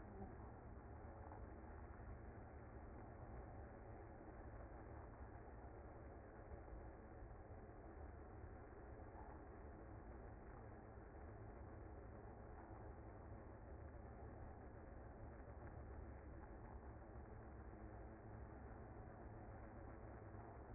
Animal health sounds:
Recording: honeybee colony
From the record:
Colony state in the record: active

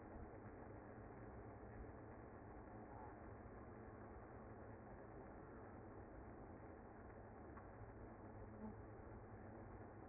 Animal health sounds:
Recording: honeybee colony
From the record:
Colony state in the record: active

